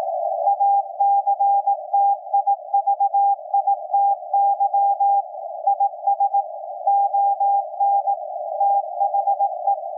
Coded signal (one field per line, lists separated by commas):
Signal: Morse code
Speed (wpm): 18 wpm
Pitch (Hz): 800 Hz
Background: none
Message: ACTIVITY IS ON THE